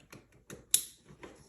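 A plastic wiring harness connector is pushed back into its mating plug on a Yamaha Warrior 350 ATV while it is reassembled after a starter clutch replacement. A few soft handling taps come before a single sharp, bright click at 0.7 s, followed by another quiet tap. The connector latches and is seated.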